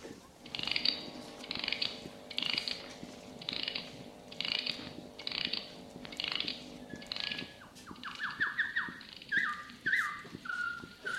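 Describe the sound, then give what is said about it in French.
A mechanical stuffed bird automaton sings in its cage: a steady whirring hum beneath rhythmic ratcheting bursts, then a run of quick, high chirping whistles near the end. “Faites plutôt chanter l'oiseau dans sa cage. Il dira le nom à sa façon, dans son langage d'oiseau empaillé.”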